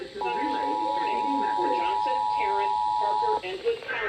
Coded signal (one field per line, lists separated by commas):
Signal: Emergency Alert System (SAME) tones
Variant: 853 and 960 Hz attention tone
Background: speech